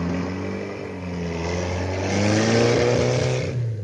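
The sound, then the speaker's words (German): A car engine hums steadily with low harmonic tones, rising slightly in pitch and loudness as it accelerates, then thinning out toward the end as the painter drives through the gate and turns onto the road to Glyserup. “Wir warten darauf, dass der Maler sich noch einmal zu uns umdreht, wenn er durchs Tor fährt und auf die Straße nach Glyserup einbiegt.”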